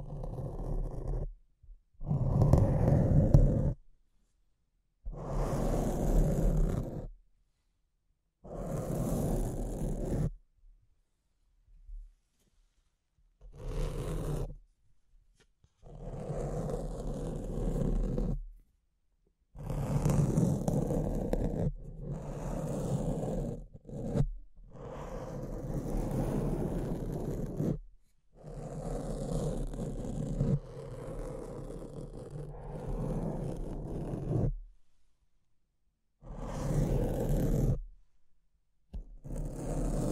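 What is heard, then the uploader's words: Mic scratching comes in rough, grinding bursts of a few seconds each, separated by short dead-silent gaps. The scraping is loud and full, with a heavy low rumble and a hissy top, and the texture shifts from burst to burst. ASMR Brain Melting Mic Scratching (No Talking).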